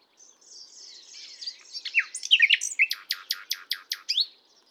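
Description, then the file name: Common nightingale singing a varied phrase that builds from soft warbling into a loud series of evenly spaced sharp notes. "Luscinia megarhynchos"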